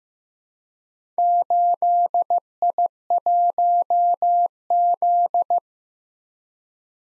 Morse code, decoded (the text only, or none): 8I1Z